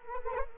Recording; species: mosquito wingbeat signal from an infrared sensor; Anopheles arabiensis